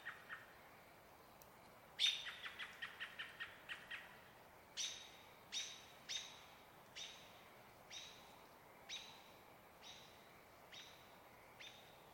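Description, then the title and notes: American Robin calls, a rapid stuttering burst of sharp notes, then a slower train of clipped chirps fading gradually over several seconds. Evening calls, 12 May, still-water riparian area in the Cascade Mountains; evergreen forest with distant running water; robins active mornings and evenings, quiet mid-day; evening call slightly faster. "Evening At Trout Creek Campground. 12th of May. still-water riparian area. Cascade Mountains range"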